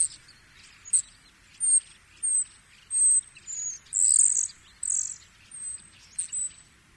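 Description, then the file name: Common starling calls: about ten bursts of thin, very high squeaky whistles and buzzy notes, with short pauses between, over a quiet background. Recorded at Watari, Yanagawa, Japan, on 22 February 2021. "hoshimukum watari yanagawa"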